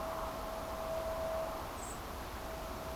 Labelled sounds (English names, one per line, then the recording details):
Common Blackbird
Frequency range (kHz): Common Blackbird 7.3-8.9 kHz
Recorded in France